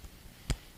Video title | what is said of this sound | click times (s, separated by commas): TINY HOUSE - FIRE!! | but if you listen to it, you can hear it click in. | 0.5 s